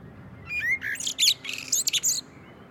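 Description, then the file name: Common blackbird song: a few fluted whistles lead into a burst of high, scratchy twittering notes. "Turdus merula"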